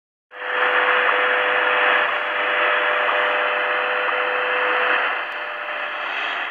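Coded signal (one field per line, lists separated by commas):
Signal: radio time signal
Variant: WWVH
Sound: a steady low audio tone buried in loud hissing shortwave static, faint ticks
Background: radio static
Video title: WWVH NIST, HAWAII 15000 Khz Tecsun PL-310et desde El Manzano, Tunuyán Mendoza (ARG)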